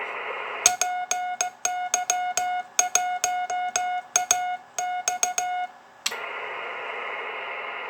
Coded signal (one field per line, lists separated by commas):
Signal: Morse code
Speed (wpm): 17 wpm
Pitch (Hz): 720 Hz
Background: none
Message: PY1AX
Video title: GB2FRA CQ DX CW NO STRESS #py1ax #cw ##dx